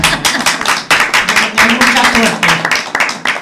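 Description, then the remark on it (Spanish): A crowd bursts into steady applause, dense overlapping claps filling the whole stretch with a bright, crackling texture, while voices murmur and call out underneath. “Un aplauso aquí.”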